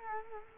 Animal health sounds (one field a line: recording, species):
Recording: mosquito wingbeat signal from an infrared sensor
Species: Culex quinquefasciatus